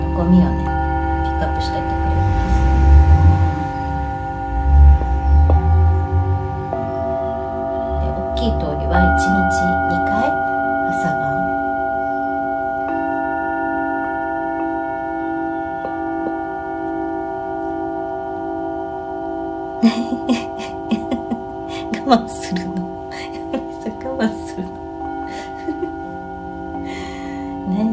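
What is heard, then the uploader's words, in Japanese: Singing bowls ring in a sound healing session, their steady tones stacking and sustaining throughout. Low rumbling strokes swell in the first few seconds, then new bowl strikes enter around 5, 9 and 13 seconds, with brighter clusters of tapping near 20–25 seconds. メキシコから シンギングボウルのサウンドヒーリング ライブ。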